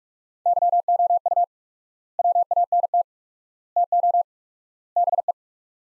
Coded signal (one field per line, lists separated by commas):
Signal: Morse code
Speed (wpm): 46 wpm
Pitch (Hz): 700 Hz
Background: none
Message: YOU WANT TO BE